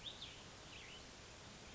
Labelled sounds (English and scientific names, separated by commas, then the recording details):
Cassin's Vireo (Vireo cassinii)
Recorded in Sonoma County, California